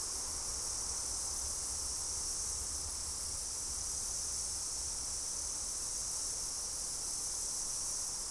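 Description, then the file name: Insect chorus, a continuous high hissing drone without pauses, over a soft low rumble near the bottom. "mainly insect"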